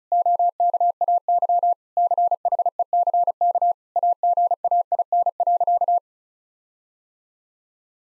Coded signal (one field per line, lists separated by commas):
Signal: Morse code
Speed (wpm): 36 wpm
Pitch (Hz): 700 Hz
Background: none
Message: OKAY CHECK AGAIN.